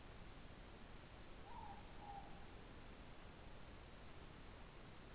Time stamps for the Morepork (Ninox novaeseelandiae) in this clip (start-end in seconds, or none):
1.36-2.35